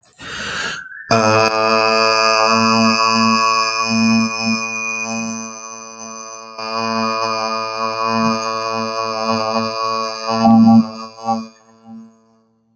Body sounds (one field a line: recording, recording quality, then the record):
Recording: sustained vowel as in made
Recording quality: excellent, no background noise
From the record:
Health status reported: COVID-19 positive, mild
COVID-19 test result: positive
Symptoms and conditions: cough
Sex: male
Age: 36 years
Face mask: not worn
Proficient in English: yes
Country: India